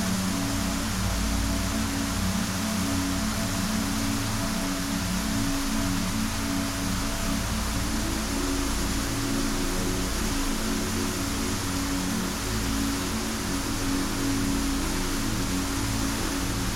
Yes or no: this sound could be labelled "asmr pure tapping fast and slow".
no